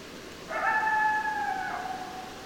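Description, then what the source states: Coyote howl: a single sustained, harmonic note held for about a second, dipping slightly and fading, over faint background hiss. Recorded 10 December 2012.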